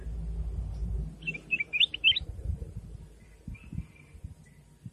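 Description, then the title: Sooty-headed bulbul song: a brief phrase of bright, bubbling chirps over low rumbling background noise, then faint thin notes. "Suara Burung Kutilang"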